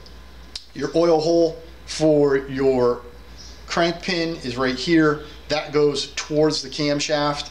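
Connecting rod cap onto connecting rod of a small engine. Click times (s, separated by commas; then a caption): 0.6 s. A connecting rod cap is fitted onto the connecting rod of a Clinton B1290 small engine from a 1959 Wheel Horse RJ58, with machined alignment features guiding the cap into place and keeping it from walking around. A sharp metallic tick at 0.6 s marks the cap snapping into place, seated, and someone talks throughout.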